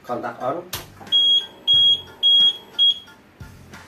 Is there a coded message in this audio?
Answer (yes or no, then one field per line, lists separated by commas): no